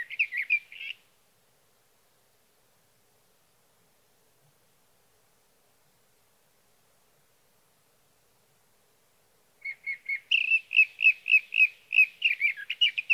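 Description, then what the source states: Sage thrasher song: a brief warbled burst, long silence of several seconds, then a rapid repeated series of notes picking up and running on. Male singing near his night roost through the night, from the evening of June 12 to the morning of June 15, 2018, Sierra Valley, California; Swift recorder.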